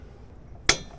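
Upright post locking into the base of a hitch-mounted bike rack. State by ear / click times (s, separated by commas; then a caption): seated / 0.7 s. The metal upright post of a hitch-mounted ebike rack is raised into its upright position and pushed home so the locking pin engages in the base. After a quiet lead-in, a single sharp metallic clank rings out at 0.7 s. The post is locked into place and can't move.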